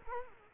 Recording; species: mosquito wingbeat signal from an infrared sensor; Culex quinquefasciatus